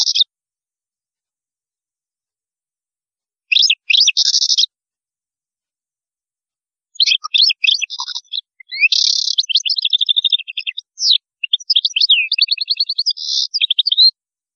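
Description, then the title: European goldfinch song: a long, rambling stream of rapid liquid twitters, buzzy trills and tinkling notes, starting after brief opening bursts and continuing for about seven seconds. "Chant Chardonneret"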